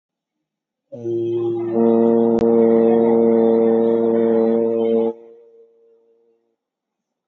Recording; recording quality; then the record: sustained vowel as in boot; moderate, slight background noise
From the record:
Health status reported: COVID-19 positive, moderate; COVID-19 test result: positive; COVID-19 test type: RT-PCR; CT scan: taken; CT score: 0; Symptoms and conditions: cough, cold, breathing difficulty, sore throat, fever, fatigue, muscle pain, diarrhoea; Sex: male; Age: 31 years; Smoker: no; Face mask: worn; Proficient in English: yes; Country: India